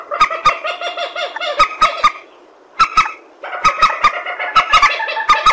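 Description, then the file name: Purple swamphen honking in bursts of nasal, harmonic notes, pausing briefly twice, with sharp clicks throughout. "tieng trich re keu"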